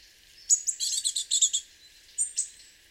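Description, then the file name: Great tit calls, a cluster of buzzy, harsh high notes in quick succession, then a pause and two more short scratchy notes. "Parus major"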